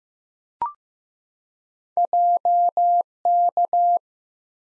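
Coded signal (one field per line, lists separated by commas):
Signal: Morse code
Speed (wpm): 15 wpm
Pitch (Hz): 700 Hz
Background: none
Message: JK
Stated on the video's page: Morse practice drill of random two-character letter and number combinations at 15 WPM, each sent, spoken, then sent again.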